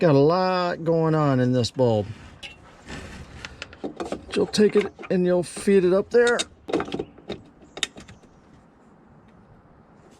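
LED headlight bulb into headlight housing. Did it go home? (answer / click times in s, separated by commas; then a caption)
yes / 7.8 s. Someone talks while a new LED headlight bulb is fed up into a Jeep JKU headlight housing, with scattered handling clicks and rustles along the way. The bulb is pushed in and snaps, locking into place at 7.8 s, followed by quiet background.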